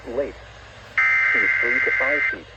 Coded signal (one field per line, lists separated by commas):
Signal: Emergency Alert System (SAME) tones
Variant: header bursts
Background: speech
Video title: EAS #325 - Severe Thunderstorm Warning for Portions of Southern NJ and Southeastern PA